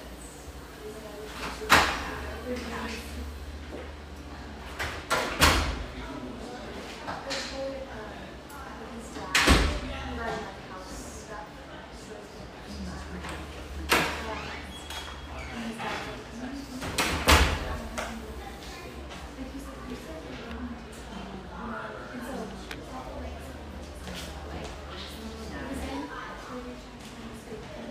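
Humming café with a steady murmur of overlapping voices, a low rumble underneath, and sharp knocks or door bangs every few seconds.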